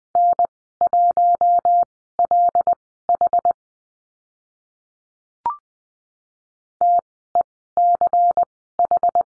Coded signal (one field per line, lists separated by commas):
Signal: Morse code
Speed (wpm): 20 wpm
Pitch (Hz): 700 Hz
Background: none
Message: N1LH TECH